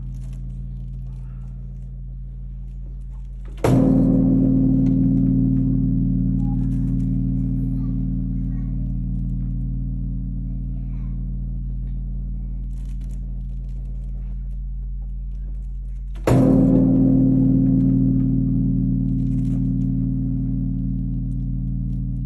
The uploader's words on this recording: National Treasure Night Bell at Todaiji.